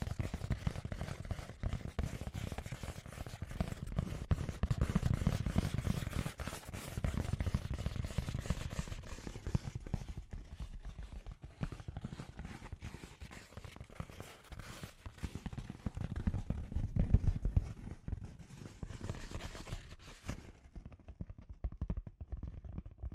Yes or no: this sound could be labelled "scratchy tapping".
yes